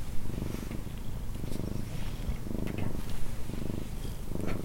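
Cat purring, a low continuous rumbling purr that swells and fades in a steady breathing rhythm, with faint rustling above.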